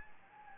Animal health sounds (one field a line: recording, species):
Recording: mosquito wingbeat signal from an infrared sensor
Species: Anopheles gambiae